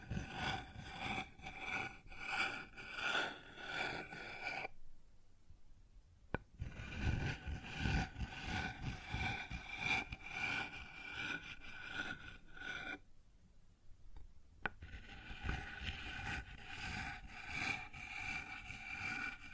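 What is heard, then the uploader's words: Sounds on a wooden surface: steady, dense scraping and rubbing with a quick, rhythmic back-and-forth pulse. The rubbing stops twice, near five and thirteen seconds, leaving quieter gaps that each end with a sharp knock before the scraping resumes. ASMR Sounds on Wooden Surface (No Talking).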